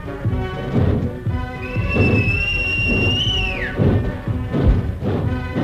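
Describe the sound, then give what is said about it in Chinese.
A long, steady high-pitched whistle, blown as a signal to a railway switchman as a train is about to depart, holds one note for about two seconds, then slides sharply downward at the end, over a dense rumbling background of clatter and thumps. “小坡赶紧向远处的扳道员吹口哨。”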